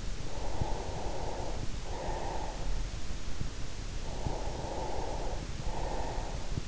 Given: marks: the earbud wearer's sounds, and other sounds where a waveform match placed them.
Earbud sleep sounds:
sounds in sleep by an in-ear microphone; breath
0.06-2.53 s: breath
4.09-6.68 s: breath

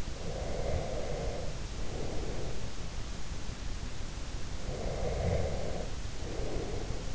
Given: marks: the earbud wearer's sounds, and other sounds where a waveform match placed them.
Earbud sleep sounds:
sounds in sleep by an in-ear microphone; breath
0.07-2.73 s: breath
4.64-7.14 s: breath

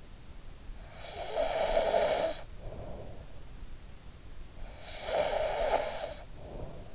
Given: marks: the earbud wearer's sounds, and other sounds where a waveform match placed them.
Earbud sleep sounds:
sounds in sleep by an in-ear microphone; snoring breath
0.67-3.41 s: snoring breath
4.27-6.95 s: snoring breath

